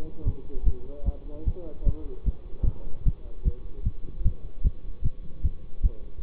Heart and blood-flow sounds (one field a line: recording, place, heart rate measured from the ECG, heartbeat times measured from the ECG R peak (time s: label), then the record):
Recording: heart sounds by stethoscope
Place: between the tricuspid and mitral areas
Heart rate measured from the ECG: 151 bpm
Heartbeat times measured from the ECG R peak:
0.24 s: heartbeat
0.64 s: heartbeat
1.04 s: heartbeat
1.45 s: heartbeat
1.84 s: heartbeat
2.24 s: heartbeat
2.64 s: heartbeat
3.04 s: heartbeat
3.43 s: heartbeat
3.83 s: heartbeat
4.23 s: heartbeat
4.62 s: heartbeat
5.02 s: heartbeat
5.42 s: heartbeat
5.81 s: heartbeat
6.21 s: heartbeat
From the record:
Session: bicycle stress test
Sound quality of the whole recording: good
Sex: male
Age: 24 years